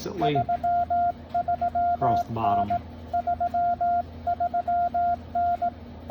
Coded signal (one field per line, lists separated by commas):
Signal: Morse code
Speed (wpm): 18 wpm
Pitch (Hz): 700 Hz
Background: speech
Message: 33N 33N